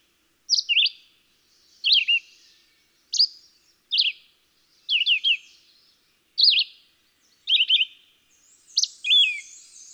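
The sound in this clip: Red-eyed Vireo delivering terse whistled phrases at irregular intervals of about a second, each quickly slurred down or up, against a quiet background.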